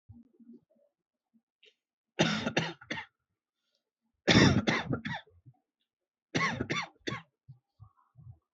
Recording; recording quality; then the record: heavy voluntary cough; excellent, no background noise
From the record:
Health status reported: healthy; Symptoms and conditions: none ticked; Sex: male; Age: 21 years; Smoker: yes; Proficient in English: yes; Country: India